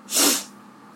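A single sharp, breathy sneeze from an adult, with a burst of high-frequency hiss, on waking in a hotel room where pets had been; the sniffling sounds like allergies rather than a cold.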